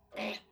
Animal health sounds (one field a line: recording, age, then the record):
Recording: pig call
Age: piglet (1 to 25 days)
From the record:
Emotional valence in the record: negative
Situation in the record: restrain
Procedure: back test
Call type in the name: low-frequency call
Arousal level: low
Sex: male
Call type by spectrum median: low-frequency call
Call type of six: low-frequency stable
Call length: 0.51 s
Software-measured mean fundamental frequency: 51 Hz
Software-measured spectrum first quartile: 494 Hz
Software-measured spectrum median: 1279 Hz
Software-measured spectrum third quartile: 2857 Hz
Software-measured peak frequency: 586 Hz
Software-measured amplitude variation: 164 dB a second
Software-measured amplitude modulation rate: 17.5 a second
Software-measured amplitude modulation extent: 9.4 dB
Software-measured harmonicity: 1.2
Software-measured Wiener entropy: -1.60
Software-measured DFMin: 1729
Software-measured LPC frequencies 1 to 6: 614, 2587, 3492, 4031, 5873, 8244 Hz